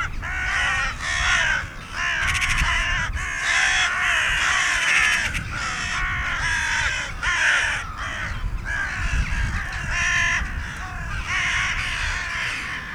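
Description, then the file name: Carrion crow calls, a run of rough, grating caws about one per second over a low continuous hum. "Corvus corone"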